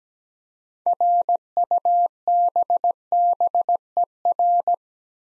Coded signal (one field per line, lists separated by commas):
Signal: Morse code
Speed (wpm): 17 wpm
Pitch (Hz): 700 Hz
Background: none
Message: RUBBER